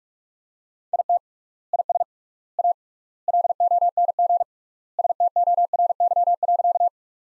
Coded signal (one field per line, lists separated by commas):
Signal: Morse code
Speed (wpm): 41 wpm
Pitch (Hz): 700 Hz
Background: none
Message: IT IS A LONG STORY.